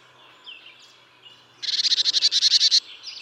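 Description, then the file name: Marsh tit call: faint high notes, then a fast burst of many buzzy, evenly spaced notes lasting just over a second. "Poecile palustris"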